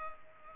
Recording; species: mosquito wingbeat signal from an infrared sensor; Culex pipiens